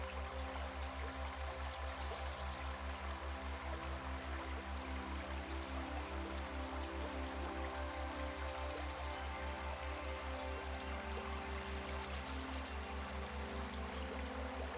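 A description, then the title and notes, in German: A river's steady rush fills the whole clip as a soft, even hiss, mixed with slow sustained notes of a gentle melody in the low and middle range. A deep, pulsing bass tone throbs regularly underneath, unchanging from start to finish. Die Sanftheit des FLUSSES, Vermischt mit einer Beruhigenden MELODIE.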